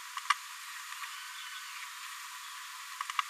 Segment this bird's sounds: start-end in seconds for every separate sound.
0.17-0.18, 0.30-0.33